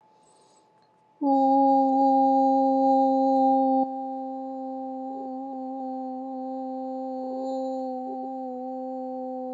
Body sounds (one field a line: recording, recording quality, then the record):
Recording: sustained vowel as in boot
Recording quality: excellent, no background noise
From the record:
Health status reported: COVID-19 positive, no symptoms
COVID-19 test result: positive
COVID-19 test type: rapid antigen test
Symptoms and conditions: cough, sore throat, fatigue, muscle pain, hypertension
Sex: female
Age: 50 years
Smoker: no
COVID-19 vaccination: both doses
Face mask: not worn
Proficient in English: yes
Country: United States